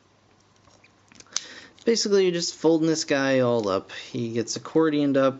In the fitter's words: The back of the feet spread out and snap into place like so.